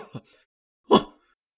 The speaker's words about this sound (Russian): В последнем почтовом вагоне тоже кто-то приехал в город. Только приехали они тайком, чтобы не платить деньги за билет. На почтовых мешках кто-то заворочился и громко чихнул.